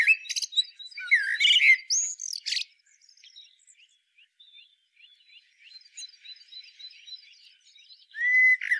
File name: Turdus merula